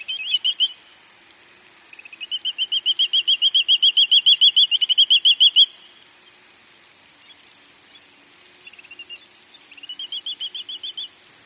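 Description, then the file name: Grey-tailed tattler giving a brief burst of clear whistles, then a long rapid trill of whistled notes lasting about three and a half seconds, followed by quieter whistled series later. "kiashishigi"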